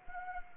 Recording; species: mosquito wingbeat signal from an infrared sensor; Anopheles gambiae